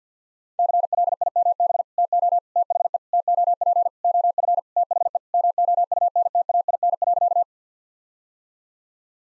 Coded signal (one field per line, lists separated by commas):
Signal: Morse code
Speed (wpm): 50 wpm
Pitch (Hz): 700 Hz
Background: none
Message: CLIMB TO THE TOP OF THE MOUNTAIN.